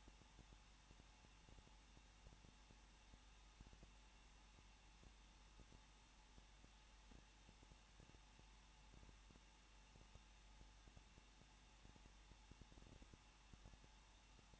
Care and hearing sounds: daily activity, microphone in the room; no activity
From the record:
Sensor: 1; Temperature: 20.1 degrees Celsius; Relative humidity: 39.1%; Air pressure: 1006.5 hPa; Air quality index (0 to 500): 217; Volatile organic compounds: 73 ppm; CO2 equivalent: 3547 ppm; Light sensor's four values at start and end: 1/2/1/1 and 1/2/1/1

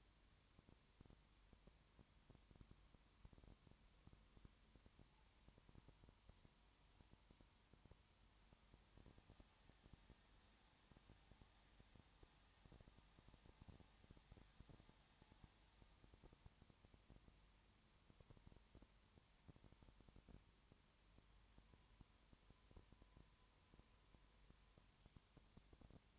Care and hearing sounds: daily activity, microphone in the room; no activity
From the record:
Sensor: 3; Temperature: 21.1 degrees Celsius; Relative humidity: 37.0%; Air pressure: 1010.6 hPa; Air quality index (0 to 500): 204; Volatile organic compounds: 31 ppm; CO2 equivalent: 2980 ppm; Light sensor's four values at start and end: 2/3/2/2 and 2/3/2/2

